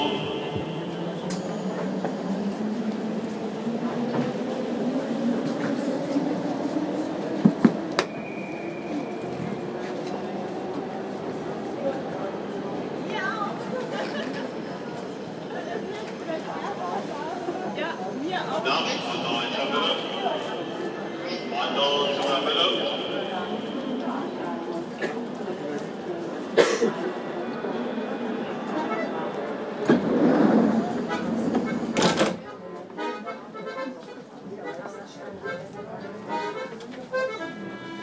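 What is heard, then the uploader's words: Inside a commuter train in the morning, the low hum of the car rises slowly in pitch through the first stretch as it gathers speed. Voices talk throughout, with a few sharp clicks and knocks, a short high squeal near thirty seconds, and quieter, choppier sound at the end. Friday morning on the S-Bahn heading west.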